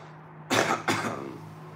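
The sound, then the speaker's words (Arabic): A person coughs from smoke: two harsh, raspy coughs in quick succession, the first louder and the second slightly weaker, with a low steady hum underneath and no talking. “يعني حضرتك انت كحيت من الدخان يبقى انت مش طبيعي.”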